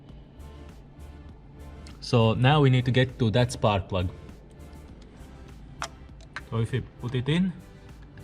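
A spark plug socket on an extension is pushed down the coil well toward the spark plug in the cylinder head of a 2010 Mazda 6 Sport while someone talks over background music. Several sharp hits are heard, including around 5.8 s and 6.4 s. Nothing has seated or clicked yet when the clip ends.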